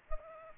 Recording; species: mosquito wingbeat signal from an infrared sensor; Culex pipiens